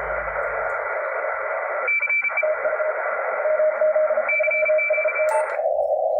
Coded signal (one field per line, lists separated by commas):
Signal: Morse code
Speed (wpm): 33 wpm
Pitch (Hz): 2350 Hz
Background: radio noise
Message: CE CQ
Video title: MMC Contest QRP 5w , Antena Loop Retângulo Amazing #PY1FW